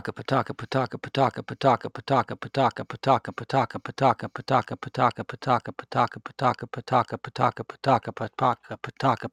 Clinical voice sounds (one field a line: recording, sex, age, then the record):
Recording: repeated syllables /pa ta ka/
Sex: male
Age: 40 to 49 years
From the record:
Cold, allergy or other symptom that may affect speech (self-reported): no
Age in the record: 48 years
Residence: Pennsylvania, United States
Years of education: 16